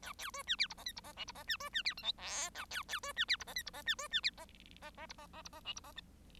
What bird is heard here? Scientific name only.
Lonchura striata domestica